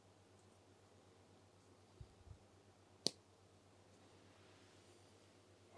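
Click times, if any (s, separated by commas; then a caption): 3.1 s. A plastic miniature from the board game Arydia: The Paths We Dare is fitted into its holder, first angled forward and then pulled back. Soft low thumps at about 2.0 and 2.3 seconds are followed by a sharp, bright click at 3.1 seconds as the piece seats firmly in place.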